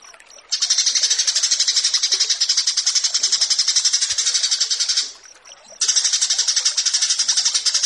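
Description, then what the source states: Bush lark singing a long continuous buzzy high trill of fast pulses, stopping briefly near the end before resuming. Tutor (masteran) recording for cage birds, pitting this bush lark against another bird.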